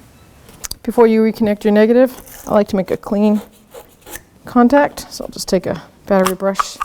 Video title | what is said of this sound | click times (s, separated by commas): How To Replace Starter 1984-2001 Jeep Cherokee | wire on to the slimline hear it click and then push the red tab down | 0.7 s